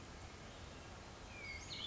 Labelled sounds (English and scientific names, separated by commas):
Western Flycatcher (Empidonax difficilis)